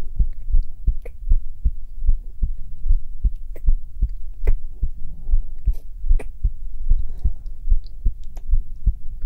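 Normal adult heart sounds, a steady low thumping beat at about 77 per minute, heard through a black 3Dio binaural microphone pressed against bare skin of the chest.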